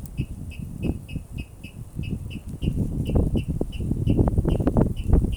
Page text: водяной пастушок , Rallus aquaticus Bремя наблюдения 24-Apr-2022 plkst. 07:27 Administratīvā teritorija Rīga Skaits 1 Статус Поёт Novērotājs Arnis2